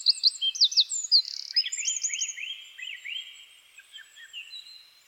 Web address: SETE Troglodytes troglodytes